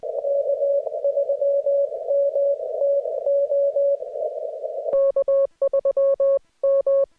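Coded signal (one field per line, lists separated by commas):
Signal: Morse code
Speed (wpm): 20 wpm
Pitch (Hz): 560 Hz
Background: none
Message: K3M TO K3M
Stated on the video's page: Morse head-copy practice recorded during a Parks on the Air activation, with no talking or background noise.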